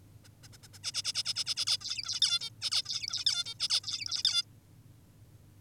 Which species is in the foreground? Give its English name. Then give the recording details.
Zebra Finch. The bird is an adult. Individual g19o10U